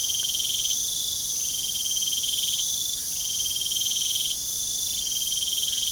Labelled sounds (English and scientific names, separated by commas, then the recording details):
none
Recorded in pastures near Puerto Asís, Putumayo, Colombia, on 24 June 2025 at 23:30
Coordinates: 0.497, -76.327
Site G040